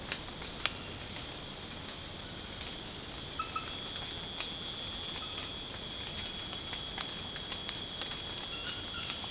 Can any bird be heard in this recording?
no